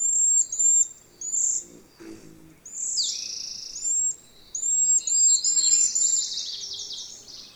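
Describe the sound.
Bird singing very high, thin whistled notes in quick repeated slurs, then brighter, buzzier running phrases, with a soft low rustle near the middle.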